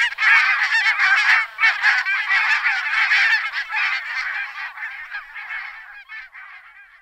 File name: oca facciabianca